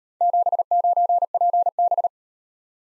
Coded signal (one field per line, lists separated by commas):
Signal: Morse code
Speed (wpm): 36 wpm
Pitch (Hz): 700 Hz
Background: none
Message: 79PB